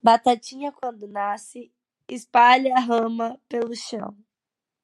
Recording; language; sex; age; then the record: short text; Brazilian Portuguese; female; 20 to 29 years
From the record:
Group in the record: control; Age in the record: 22 years